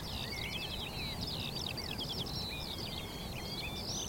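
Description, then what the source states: Eurasian skylark song, a rich tumbling flow of high trills, whistled slides and twitters from overlapping birds, with faint low noise below. Chorus of skylarks rising from young barley and singing while ascending high into cloudy sky; vast open field, northern edge of the Cotswolds, South Warwickshire.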